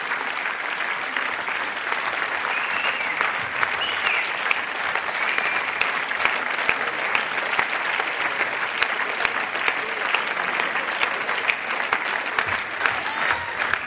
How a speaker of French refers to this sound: Je dois dire que tout le monde dans le musical V est debout et applaudit